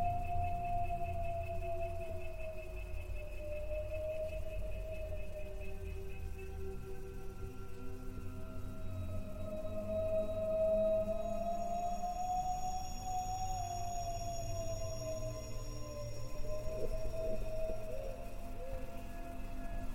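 A haunted cemetery ambience: a constant low rumble sits under a sustained, hollow tone that slowly rises and falls in pitch the whole way through. Fainter humming layers hover around it, and thin, high whining tones join in during the second half.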